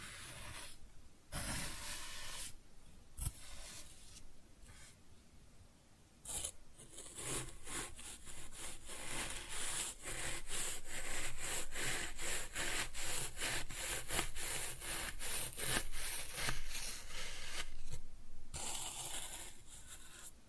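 Kinetic sand being cut and scooped, with rough grainy scraping strokes that come in bursts separated by short pauses. After about seven seconds the strokes become rapid and regular, a steady run of crisp rasping rubs that continues almost to the end.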